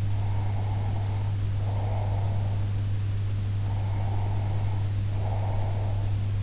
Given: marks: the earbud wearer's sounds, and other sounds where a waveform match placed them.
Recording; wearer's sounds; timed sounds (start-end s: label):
sounds in sleep by an in-ear microphone; breath
0.15-2.72 s: breath
3.66-6.09 s: breath